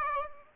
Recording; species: mosquito wingbeat signal from an infrared sensor; Aedes albopictus